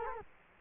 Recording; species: mosquito wingbeat signal from an infrared sensor; Culex quinquefasciatus